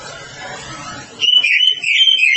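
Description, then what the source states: Oriental magpie-robin song: a low, muffled rumbling background, then a sudden burst of loud, bright whistled notes and trills in the second half. Song described as long-duration (durasi panjang).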